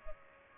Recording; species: mosquito wingbeat signal from an infrared sensor; Culex pipiens